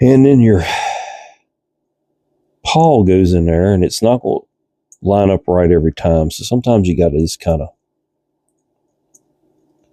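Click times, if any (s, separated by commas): 9.2 s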